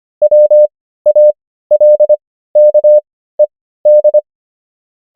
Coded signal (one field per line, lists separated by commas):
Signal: Morse code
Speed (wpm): 25 wpm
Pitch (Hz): 600 Hz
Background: none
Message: WALKED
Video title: morse code practice | 25wpm | 15fw | 500 most common words | ENGLISH